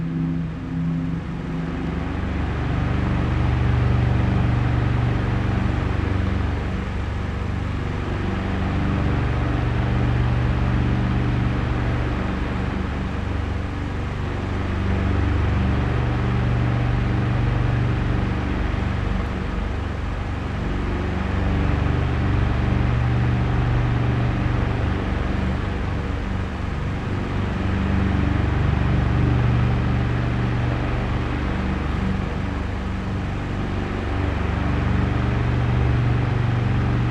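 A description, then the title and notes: An antique electric fan hums steadily, its low motor drone swelling and easing in slow waves roughly every eight seconds as it oscillates back and forth. A soft airy whoosh sits above the hum, and faint rattles come and go throughout. Grandpa's Old Fan. The gentle, oscillating hum of an antique fan. The blades circulate gently through the air.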